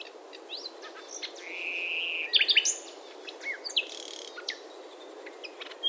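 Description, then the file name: Common nightingale: songbird song with a sustained level whistle followed by a short cluster of sharp, complex notes, then quieter scattered chirps. "Luscinia megarhynchos"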